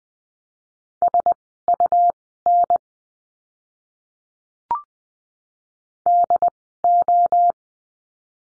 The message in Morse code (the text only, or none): SUN DO